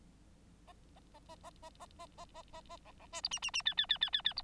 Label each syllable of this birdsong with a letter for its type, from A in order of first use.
A A A A A A A A A A A A B B C D E E E F F F F F F D